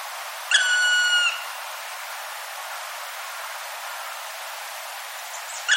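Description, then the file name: Black Woodpecker gives one long, plaintive, gently falling call near the start, with another call just beginning at the very end; steady hiss otherwise. "kumagera"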